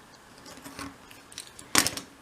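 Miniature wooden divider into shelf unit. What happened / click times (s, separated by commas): The small wooden piece pressed home into its slot / 1.8 s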